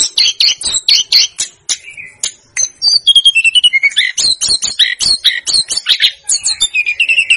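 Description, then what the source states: Snowy-browed flycatcher giving high, chattering song with thin whistles, a short pause early, then a series of chips and slurred notes. Master recording used to train caged birds.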